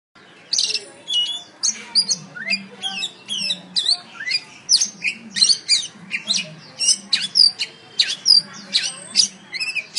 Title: Kicau Kacer